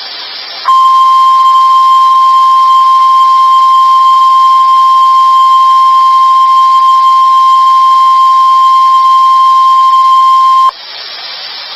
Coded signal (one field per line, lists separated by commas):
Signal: Emergency Alert System (SAME) tones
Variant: 1050 Hz attention tone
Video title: Required Monthly Test In New Hampshire - 08/03/12